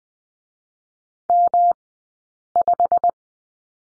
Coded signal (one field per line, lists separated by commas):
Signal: Morse code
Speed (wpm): 20 wpm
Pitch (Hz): 700 Hz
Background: none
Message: M5